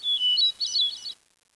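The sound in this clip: Bird song phrase: a clear high whistle, then a rapid jumble of twittering notes for about a second before stopping abruptly. The background is quiet.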